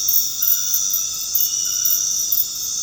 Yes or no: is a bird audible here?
no